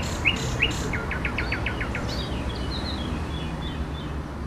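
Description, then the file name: Common nightingale song: two sharp notes followed by a rapid series of repeated chirps, then softer scattered high notes, with constant low background rumble. At La Vavrette on 14 May 2016, with a MiniDisc recorder. "Rossignol la Vavrette 14 05 16"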